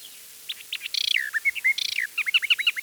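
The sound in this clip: Eastern Orphean warbler singing a lively, varied phrase of harsh buzzy notes, clear slurred whistles and a closing series of quick chirps.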